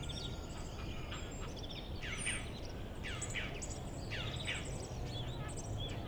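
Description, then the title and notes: Common starling singing a varied run of slurred whistles, buzzy squeaks and clicks in quick succession, with steady low background noise throughout. Starlings outside a window in rural Goworów, Poland, mimicking other species; no pond nearby; rural birds imitate other birds, not car alarms; recorded with Zoom F4 and AT BP4025. "Goworów 6, 57-515, Poland - Starlings mimicking other species. Zainstalowały mi się za oknem szpaki i udają najróżniejsze inne dźwięki. Obok wcale nie ma stawu - to szpaki udają żaby. Tak samo z wołaniem żurawi - to słabsze głosy, ale ewidentny zaśpiew żurawia"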